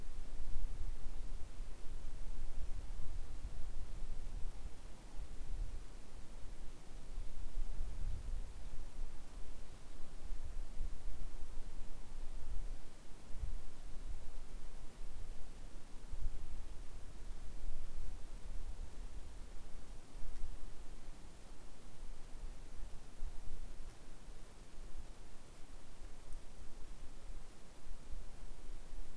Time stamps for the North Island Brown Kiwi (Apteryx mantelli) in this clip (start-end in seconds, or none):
none